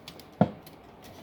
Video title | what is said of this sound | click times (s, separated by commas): Gaming Computer Build with LED lights Part 3 | And once you get it in, you couldn't hear, you couldn't tell, but I can tell because I can push it down. | 0.4 s